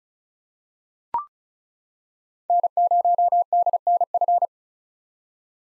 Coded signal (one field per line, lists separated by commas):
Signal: Morse code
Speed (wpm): 34 wpm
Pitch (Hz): 700 Hz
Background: none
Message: N0DNF